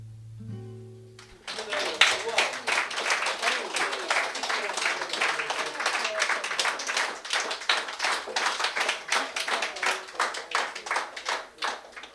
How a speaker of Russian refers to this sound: Я думаю, что он слышит эти аплодисменты.